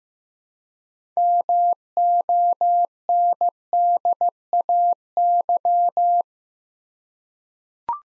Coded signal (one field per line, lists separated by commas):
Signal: Morse code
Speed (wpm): 15 wpm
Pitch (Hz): 700 Hz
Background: none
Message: MONDAY